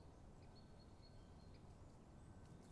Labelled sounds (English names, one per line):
Great Spotted Woodpecker